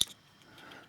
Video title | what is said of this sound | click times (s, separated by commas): Nikon F3 Overview / Review Part 2 featuring the MD-4 Motor Drive | this battery compartment where this this pops in | 0.0 s